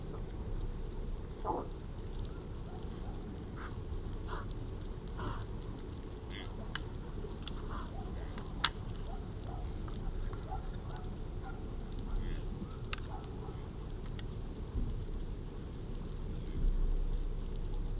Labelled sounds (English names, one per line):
Fallow Deer call